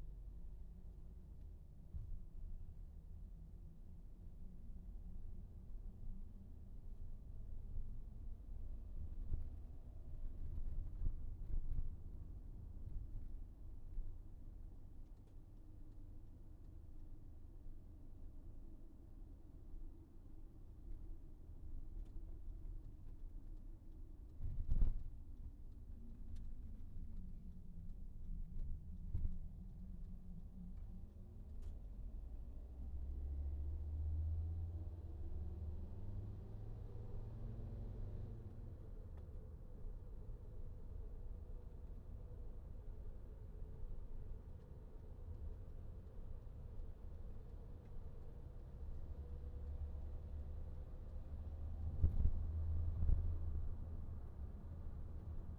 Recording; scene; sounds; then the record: everyday scene through a hearing-aid microphone; in a vehicle; engine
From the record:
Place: VW T5 Caravelle, diesel engine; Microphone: behind the ear, right, front